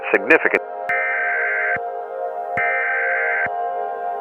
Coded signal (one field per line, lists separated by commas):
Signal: Emergency Alert System (SAME) tones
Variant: header bursts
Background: speech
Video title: random eas